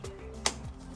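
A glass retainer strip on the back side of a storm door panel is pressed into the frame and pops in with one sharp snap at 0.5 s. Low steady background tones run underneath. The strip is seated.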